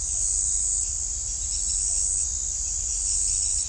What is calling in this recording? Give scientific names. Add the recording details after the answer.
none. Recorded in shrubland near Pivijay, Magdalena, Colombia, on 2 June 2023 at 04:00. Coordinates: 10.453, -74.365. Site P5-G022